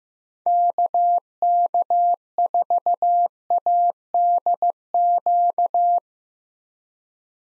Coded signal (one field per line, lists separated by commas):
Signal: Morse code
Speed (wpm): 15 wpm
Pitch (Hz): 700 Hz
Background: none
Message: KK4ADQ